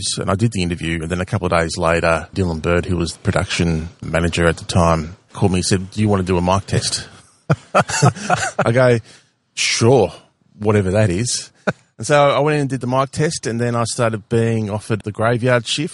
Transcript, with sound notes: And I did the interview, and then a couple of days later Dylan Bird, who was production manager at the time, called me and said, “Do you want to do a mic test?” [Laughs] I go, “Sure, whatever that is.” So I went in and did the mic test, and then I started being offered the graveyard shift.